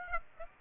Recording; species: mosquito wingbeat signal from an infrared sensor; Aedes aegypti